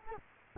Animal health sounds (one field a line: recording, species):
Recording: mosquito wingbeat signal from an infrared sensor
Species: Culex quinquefasciatus